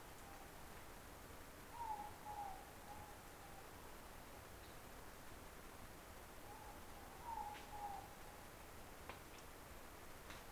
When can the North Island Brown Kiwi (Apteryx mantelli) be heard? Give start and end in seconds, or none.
none